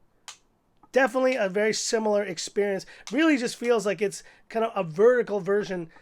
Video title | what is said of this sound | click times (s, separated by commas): Airpods Pro Unboxing & Comparison - Worth the Upgrade? | initial experience of lifting up and hear the clicking they're definitely | 0.3 s